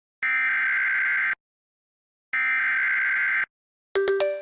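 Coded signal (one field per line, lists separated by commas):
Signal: Emergency Alert System (SAME) tones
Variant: header bursts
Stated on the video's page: Real EAS alerts received on FM radio and an internet radio station.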